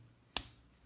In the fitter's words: є зафіксувався